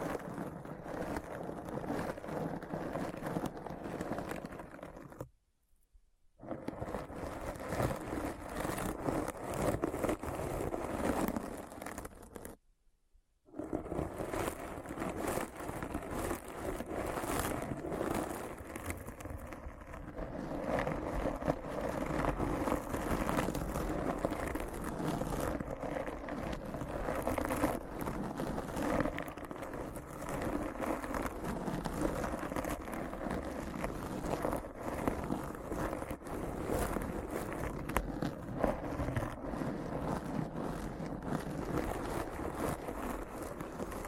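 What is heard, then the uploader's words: A dense, scratchy wall of noise with a deep rumbling body, resembling engine or wind roar, runs almost without change. It cuts to silence twice, briefly near six seconds and again around thirteen, then resumes at the same steady level to the end. ASMR Deep Brain Scratch (No Talking).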